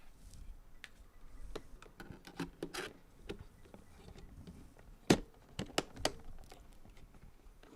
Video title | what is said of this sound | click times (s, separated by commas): THIS TURNED INTO A TRAIN WRECK. Lol | you hear them click these two are kind of janky so | 5.1 s, 5.8 s, 6.1 s